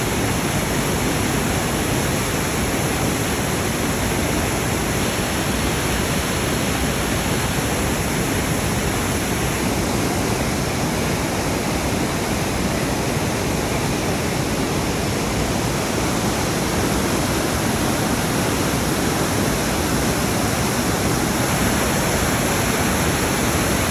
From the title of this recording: Murrindindi Cascades